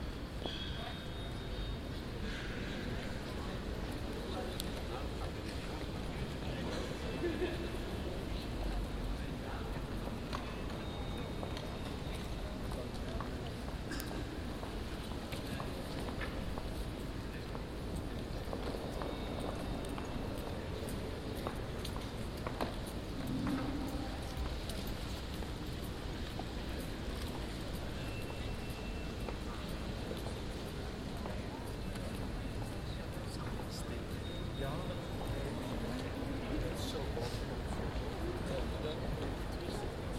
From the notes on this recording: Recording made in the Atrium of the The Hague City Hall at the end of the working day.